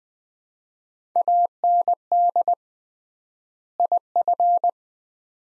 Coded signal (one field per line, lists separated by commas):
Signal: Morse code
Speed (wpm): 20 wpm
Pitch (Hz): 700 Hz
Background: none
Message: AND IF